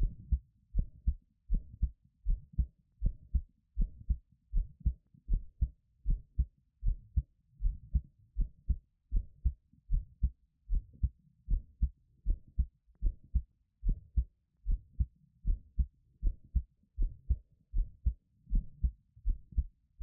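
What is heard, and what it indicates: Steady, deep, muffled thumps repeat at about 79 beats a minute with an even rhythm, all low in pitch and without speech. It is a person's own heartbeat heard close to the chest as Taiwanese ASMR, with no talking and no added noises standing out.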